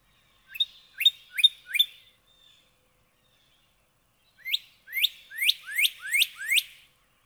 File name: Northern Cardinal